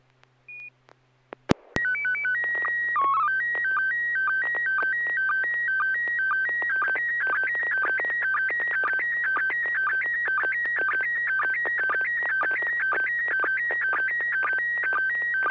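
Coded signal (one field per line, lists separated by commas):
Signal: SSTV (slow-scan television)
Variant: PD120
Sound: warbling tone jumping between two pitches, with short low blips about twice a second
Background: low hum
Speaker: this is going to be PD 120, November 6 Hotel Alpha.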